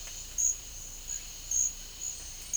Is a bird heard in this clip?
no